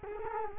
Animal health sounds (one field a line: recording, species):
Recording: mosquito wingbeat signal from an infrared sensor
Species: Culex quinquefasciatus